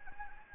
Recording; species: mosquito wingbeat signal from an infrared sensor; Anopheles gambiae